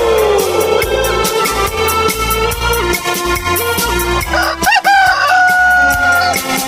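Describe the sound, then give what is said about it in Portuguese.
A rooster crows in long, rising and falling calls over a loud, steady music track with a pulsing bass beat. “Fala, galo!”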